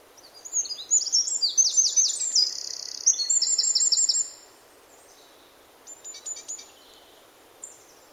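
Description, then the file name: Great tit calls: a fast, busy stream of high, sweeping notes for about four seconds, then quiet with a few brief high chips near the end. "Parus major"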